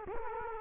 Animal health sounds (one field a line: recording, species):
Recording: mosquito wingbeat signal from an infrared sensor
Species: Culex quinquefasciatus